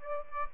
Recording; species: mosquito wingbeat signal from an infrared sensor; Aedes albopictus